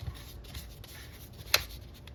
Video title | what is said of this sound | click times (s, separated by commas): Sutro Smart Pool Monitor Review | And there was the click. | 1.5 s